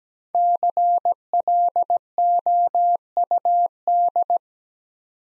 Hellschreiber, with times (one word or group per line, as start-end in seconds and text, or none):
none